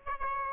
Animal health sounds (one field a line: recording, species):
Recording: mosquito wingbeat signal from an infrared sensor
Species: Aedes albopictus